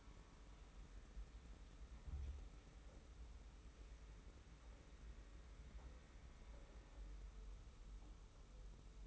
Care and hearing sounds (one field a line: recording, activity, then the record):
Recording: daily activity, microphone in the room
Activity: wipe stove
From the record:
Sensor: 1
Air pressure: 991.5 hPa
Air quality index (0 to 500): 133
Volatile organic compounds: 458 ppm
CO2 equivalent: 4761 ppm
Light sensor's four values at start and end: 40/124/49/51 and 40/125/49/51